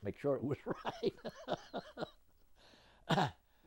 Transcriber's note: laughs